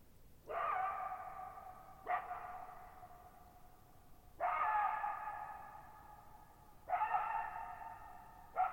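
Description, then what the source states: Coyote giving several sharp barks, spaced irregularly, each trailing off in long echoing reverberation. Lone coyote at night, July 14, 2019, Thirtymile Meadows, Okanogan National Forest, Okanogan High Country, Pacific Northwest, 6400 ft (1950 m); shallow bowl-shaped meadow forming a natural amphitheater with very long reverberation.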